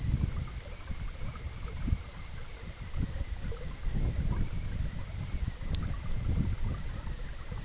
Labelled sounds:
none

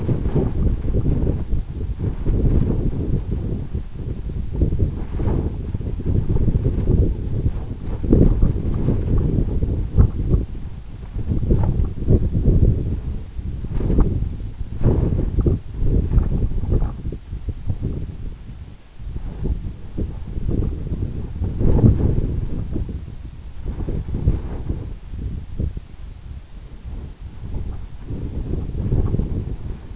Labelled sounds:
none

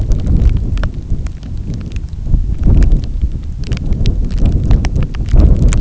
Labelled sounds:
none

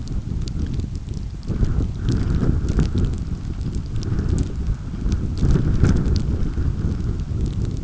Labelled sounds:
none

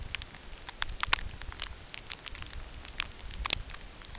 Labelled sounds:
none

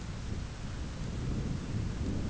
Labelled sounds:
none

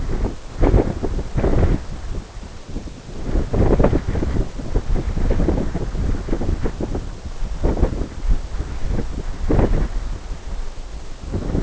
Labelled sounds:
none

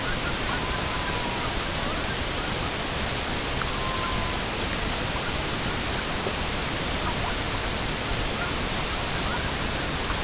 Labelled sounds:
unidentified sound
Red-throated Loon

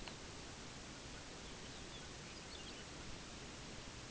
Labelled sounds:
unidentified sound
Lapland Longspur

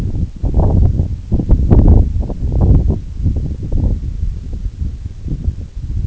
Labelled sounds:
none

